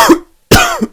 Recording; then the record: coughing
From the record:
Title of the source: Coughing 51